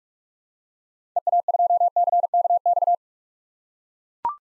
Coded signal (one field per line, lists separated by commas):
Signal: Morse code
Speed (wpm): 42 wpm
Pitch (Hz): 700 Hz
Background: none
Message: EA2CKX